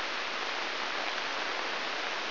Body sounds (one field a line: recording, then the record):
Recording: brain microelectrode recording played as sound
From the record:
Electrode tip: inside the subthalamic nucleus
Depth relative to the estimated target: 1 mm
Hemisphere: left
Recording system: AlphaMap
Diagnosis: Parkinson's disease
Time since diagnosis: 11 years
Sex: male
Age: 62 years